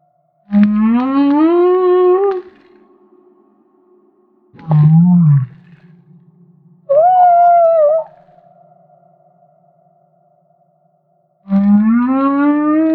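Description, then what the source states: Humpback whale song: rising moans alternating with a deep grunt and a higher wavering cry, four units spaced a few seconds apart. Maui.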